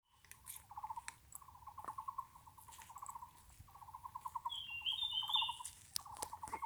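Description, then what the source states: Taiwan barbet giving rapid low trilled phrases, repeated in short bursts, with another bird's higher chattering notes briefly overlapping. Taiwan barbets calling in the mountains; the recordist notes barbets are relatively few here.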